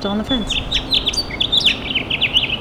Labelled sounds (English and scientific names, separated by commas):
House Finch (Haemorhous mexicanus) song